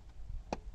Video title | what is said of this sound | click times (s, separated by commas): Taking Delivery Bs6 Activa Diwali Gift "New Family Member Honda Activa" MeeNaTecHNicalVlogs | नीचे की तरफ press करेगा तो ये सीट खुल जाती है। | 0.5 s